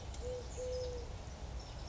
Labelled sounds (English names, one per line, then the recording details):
Eurasian Collared Dove
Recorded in Sonoma County, California